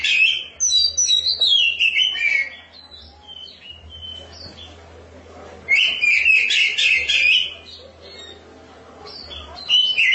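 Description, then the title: Oriental magpie-robin singing loud bursts of rich, rapid warbled phrases separated by pauses with softer whistles, a low steady hum underneath. "Suara Kicauan Burung Kacer"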